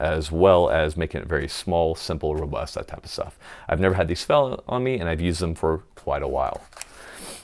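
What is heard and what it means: An AR-15 magazine is handled near a polymer fast-draw magazine pouch with nylon wrapping while someone talks throughout, with a brief sharp sound at 6.8 s. Nothing has seated or clicked into the pouch yet.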